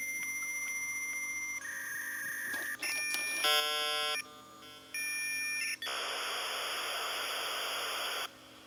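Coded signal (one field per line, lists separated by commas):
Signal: dial-up modem handshake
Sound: answer tones, warbling multi-tone bursts and clicks, then loud broadband hiss of modem training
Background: quiet room hum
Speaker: this one will be a little bit louder all right let's hit connect and see what we get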